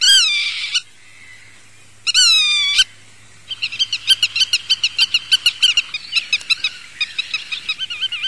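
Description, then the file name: Godwit calling: two loud nasal, harmonic notes with pauses, then a fast series of sharp repeated notes becoming wavering, yodelling phrases. "PITTIMA"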